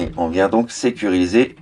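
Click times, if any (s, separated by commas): none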